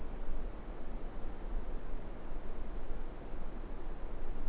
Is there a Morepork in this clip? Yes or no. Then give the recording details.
no. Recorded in New Zealand. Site Eglinton